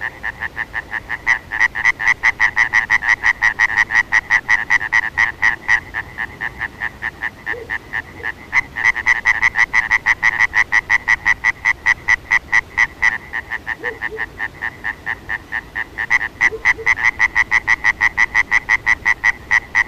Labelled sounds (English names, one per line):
Common Tree Frog call